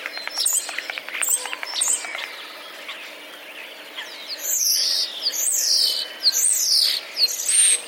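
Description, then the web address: Common starling song: a rapid medley of clicks and short chirps, then loud, sweeping descending whistles repeated over the last few seconds. Song includes mimicry of sparrow sounds; recorded 10 April 2023. "wroblowe zapozyczenia szpaki 10 04 2023"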